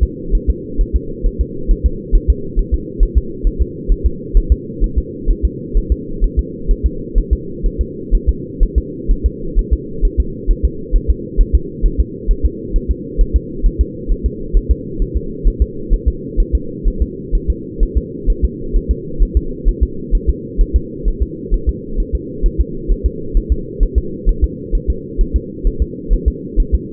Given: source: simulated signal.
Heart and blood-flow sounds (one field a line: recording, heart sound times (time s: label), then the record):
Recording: fetal heart sounds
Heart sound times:
0.03 s: S2
0.35 s: S1
0.50 s: S2
0.81 s: S1
0.96 s: S2
1.27 s: S1
1.41 s: S2
1.71 s: S1
1.86 s: S2
2.15 s: S1
2.30 s: S2
2.59 s: S1
2.74 s: S2
3.03 s: S1
3.17 s: S2
3.47 s: S1
3.62 s: S2
3.92 s: S1
4.06 s: S2
4.37 s: S1
4.52 s: S2
4.84 s: S1
4.98 s: S2
5.31 s: S1
5.45 s: S2
5.77 s: S1
5.92 s: S2
6.24 s: S1
6.39 s: S2
6.71 s: S1
6.86 s: S2
7.18 s: S1
7.33 s: S2
7.66 s: S1
7.81 s: S2
8.15 s: S1
8.29 s: S2
8.63 s: S1
8.78 s: S2
9.11 s: S1
9.26 s: S2
9.59 s: S1
9.73 s: S2
10.05 s: S1
10.20 s: S2
10.51 s: S1
10.65 s: S2
10.96 s: S1
11.10 s: S2
11.41 s: S1
11.55 s: S2
11.86 s: S1
12.00 s: S2
12.31 s: S1
12.45 s: S2
12.76 s: S1
12.91 s: S2
13.21 s: S1
13.36 s: S2
13.66 s: S1
13.81 s: S2
14.12 s: S1
14.26 s: S2
14.57 s: S1
14.71 s: S2
15.02 s: S1
15.17 s: S2
15.47 s: S1
15.62 s: S2
15.94 s: S1
16.08 s: S2
16.40 s: S1
16.55 s: S2
16.88 s: S1
17.02 s: S2
17.35 s: S1
17.50 s: S2
17.83 s: S1
17.98 s: S2
18.30 s: S1
18.45 s: S2
18.76 s: S1
18.91 s: S2
19.23 s: S1
19.37 s: S2
19.69 s: S1
19.83 s: S2
20.15 s: S1
20.29 s: S2
20.61 s: S1
20.76 s: S2
21.08 s: S1
21.23 s: S2
21.54 s: S1
21.69 s: S2
22.00 s: S1
22.15 s: S2
22.46 s: S1
22.60 s: S2
22.91 s: S1
23.06 s: S2
23.37 s: S1
23.52 s: S2
23.83 s: S1
23.98 s: S2
24.29 s: S1
24.44 s: S2
24.75 s: S1
24.90 s: S2
25.21 s: S1
25.36 s: S2
25.67 s: S1
25.82 s: S2
26.13 s: S1
26.28 s: S2
26.60 s: S1
26.74 s: S2
From the record:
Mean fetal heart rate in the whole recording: 130 bpm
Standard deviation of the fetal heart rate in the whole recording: 4 bpm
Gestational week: 38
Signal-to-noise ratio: -4.3 dB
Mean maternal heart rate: 72 bpm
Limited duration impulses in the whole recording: absent